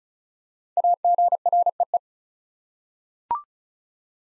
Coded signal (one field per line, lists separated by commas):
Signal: Morse code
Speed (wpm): 36 wpm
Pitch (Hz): 700 Hz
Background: none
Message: AGREE